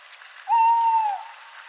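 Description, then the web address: Tawny owl hoot: a single drawn-out, steady mid-pitched note lasting under a second, ending with a slight downward slide, with quiet background hiss. "strix aluco call"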